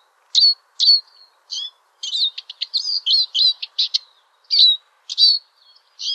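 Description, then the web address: European greenfinch song: a twittering sequence of short chirps and quick trills, some notes rising or falling, spaced irregularly over about six seconds against a quiet background. "vihervarpunen janerikbruun. kortit vihervarpunen"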